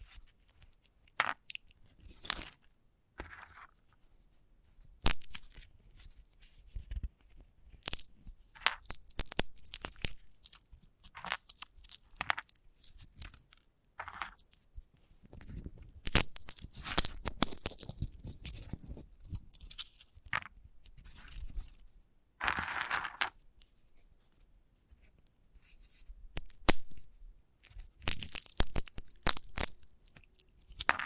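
Dry crackling and crunching as a sunflower head is handled, with bursts of brittle rustling and sharp snaps around 16–19 and 28 seconds.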